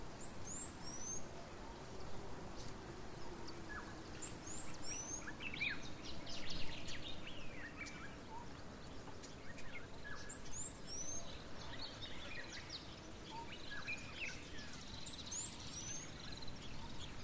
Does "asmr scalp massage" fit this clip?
no